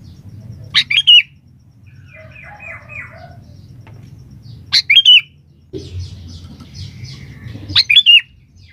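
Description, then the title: Sooty-headed bulbul delivers three brief, jaunty bubbling phrases roughly every three to four seconds, with soft trilled chirping in between and low hum underneath. "Kutilang"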